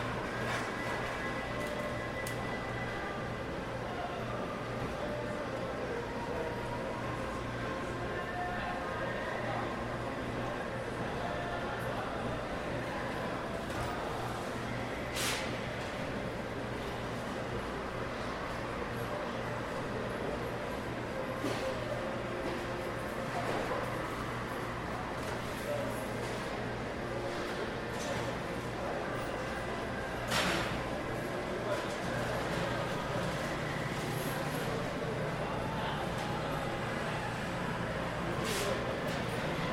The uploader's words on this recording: Les Halles d'Anjou. While sitting on a bench in the middle of an indoor mall rife with sounds of people and their machines, the idle visitor can bask inside a flux of mechanic frequencies. Ventilation systems drive drones into a reverberant space, topped with windows and a soaring ceiling.